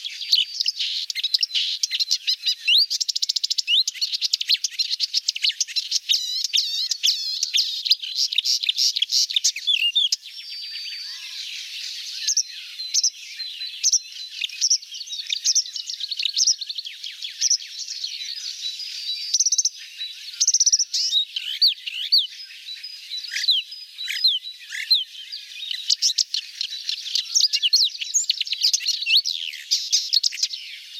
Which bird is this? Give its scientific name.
Acrocephalus palustris